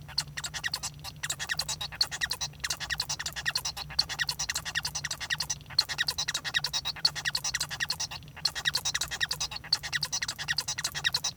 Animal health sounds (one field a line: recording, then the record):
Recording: song of a male Bengalese finch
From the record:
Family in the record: son of father 1